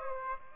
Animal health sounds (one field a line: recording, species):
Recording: mosquito wingbeat signal from an infrared sensor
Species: Aedes aegypti